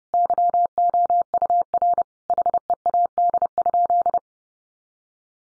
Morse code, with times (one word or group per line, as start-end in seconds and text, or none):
0.1-2.0 YOUR
2.3-4.2 HEAD?